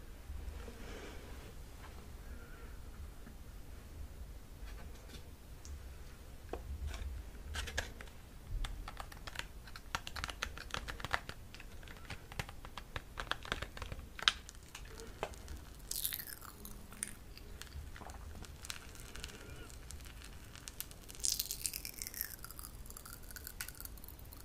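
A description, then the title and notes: Dry mouth sounds: a steady run of small clicks, nibbles and wet taps fills the whole stretch. Around the middle and again near the end, bright fizzing crackles flare up like popping candy, over a faint low rumble. Mouth sounds, spoolie nibbling, pop rocks.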